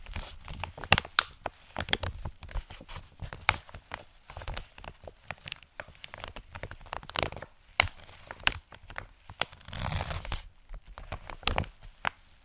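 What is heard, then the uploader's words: Crinkling plastic or paper, made of dense, irregular clusters of sharp crackles and snaps that run throughout. The bursts come quickly and unevenly, bright and crisp, with a rougher, fuller tearing-like rustle around the ten-second mark. Crinkles.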